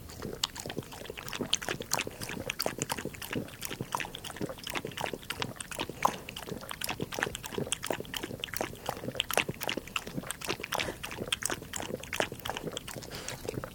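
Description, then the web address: Dog lapping water, a steady run of quick wet clicks and slurps, continuing without pause throughout. Dog lapping water indoors, recorded at close perspective. "Sound Effects-BBC. dog interior lapping water close perspective"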